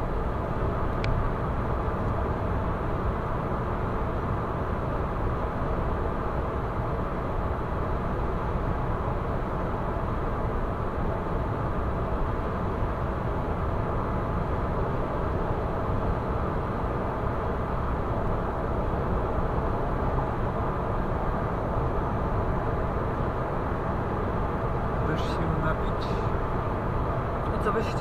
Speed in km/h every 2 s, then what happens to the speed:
116, 116, 116, 116, 116, 116, 116, 116, 116, 116, 116, 116, 116, 116.
0-28 steady at about 116.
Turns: none.